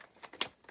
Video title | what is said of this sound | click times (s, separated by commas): A Few Great Garage Sale Finds and a $250 Godzilla BOLO | we go so he's set you know she's just nice you said a nice clicking motion like that when it goes in so | 0.4 s